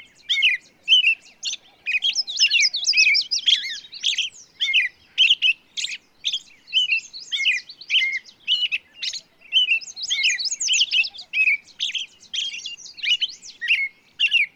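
Bird song: jumbled high chirps, buzzy trills and whistled slurs repeated in dense bursts, with faint low pulsed notes beneath at times.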